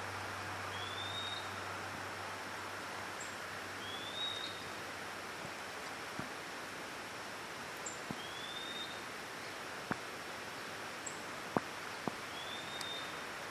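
Bird giving thin, high, upslurred whistles repeated every few seconds over a steady noisy background, with scattered faint clicks.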